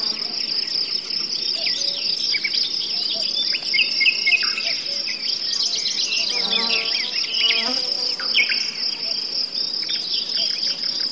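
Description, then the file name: Crickets and forest birds: steady shrill cricket chorus with varied bird chirps and whistles; a low droning insect buzz swells briefly in the middle. Forest soundscape with birds, crickets and a buzzing fly. "les ptici kukushki sverchki zhuzhzhanie muhi"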